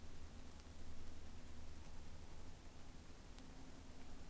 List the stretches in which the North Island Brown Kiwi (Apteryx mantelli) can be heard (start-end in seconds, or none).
none